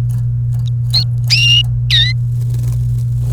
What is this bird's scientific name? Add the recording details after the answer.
Serinus canaria. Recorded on 29 April 2018 at 11:47. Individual llb3